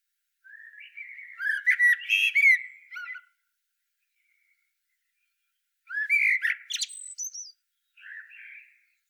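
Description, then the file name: Eurasian blackbird song. Two full phrases of melodious whistling that break into high, chattering squeaks, plus a short soft whistled note at the end. "Turdus merula"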